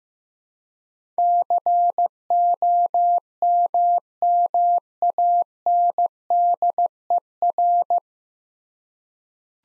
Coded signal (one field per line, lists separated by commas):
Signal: Morse code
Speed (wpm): 16 wpm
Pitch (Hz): 700 Hz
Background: none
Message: COMMANDER